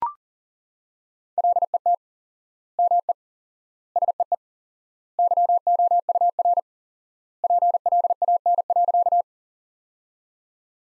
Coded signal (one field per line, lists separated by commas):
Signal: Morse code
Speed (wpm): 40 wpm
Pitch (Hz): 700 Hz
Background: none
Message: LET ME SEE YOUR PLAN.